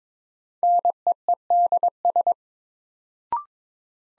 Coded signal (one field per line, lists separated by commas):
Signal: Morse code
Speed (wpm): 22 wpm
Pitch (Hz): 700 Hz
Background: none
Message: NEEDS